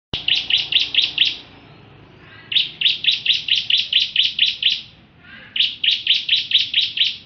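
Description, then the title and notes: Prinia song: rapid bursts of bright, high chattering notes, each run lasting about one to two and a half seconds, repeated after short pauses. Complete song, including ngerol singing. "Suara Kicau Burung Prenjak Lengkap dan Ngerol"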